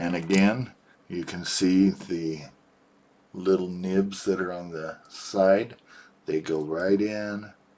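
A plastic ink converter is being handled and its small side nubs guided toward the slots in a fountain pen's grip section while someone talks. Only speech is heard, with no distinct click. Nothing has seated or clicked yet.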